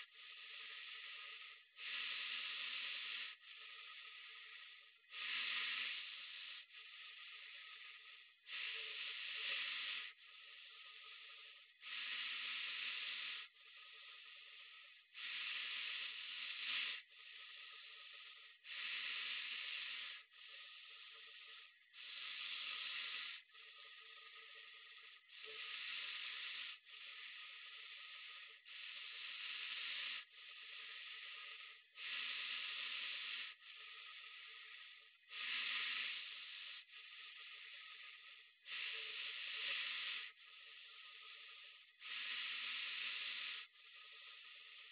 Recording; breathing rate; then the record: paced breathing near a phone; 18 breaths a minute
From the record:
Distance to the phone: 40 cm